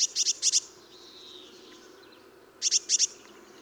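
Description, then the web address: Eurasian blue tit giving two short bursts of four or five bright, high, clipped call notes, separated by a faint thin whistle, over low steady background hiss. "SETE data Cyanistes caeruleus"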